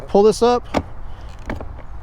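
Someone talks as a rider pulls up the release on the mounting latch of a soft sport side bag on a Harley-Davidson Pan America motorcycle rack. Short clicks come at 1.5 s and 1.6 s as the latch opens, and the bag is released, free of its rack.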